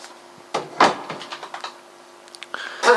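A door is pushed shut with a few sharp clunks and rattling knocks, a solid thud partway through and another firm bang at the end, with no voices.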